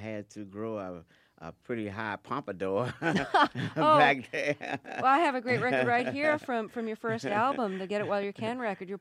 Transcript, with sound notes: I had to grow a pretty high pompadour back then.
(SOUNDBITE OF LAUGHTER)
Oh, I have a great record right here from your first album, the "Get It While You Can" record.